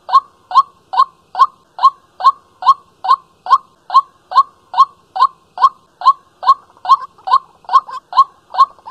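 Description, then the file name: White-breasted waterhen calling, a monotonous run of short, clipped notes repeated steadily about two to three times a second. Calling at night. "tieng quoc keu ban dem"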